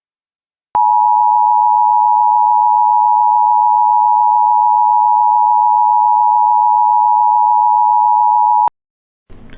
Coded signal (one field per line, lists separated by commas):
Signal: Emergency Alert System (SAME) tones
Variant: 853 and 960 Hz attention tone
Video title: EAS Child Abduction Emergency (AMBER Alert) Durham, North Carolina STATEWIDE Alert